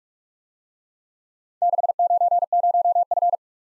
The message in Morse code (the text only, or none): 690F